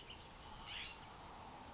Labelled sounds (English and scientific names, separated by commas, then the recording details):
California Scrub-Jay (Aphelocoma californica)
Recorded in Sonoma County, California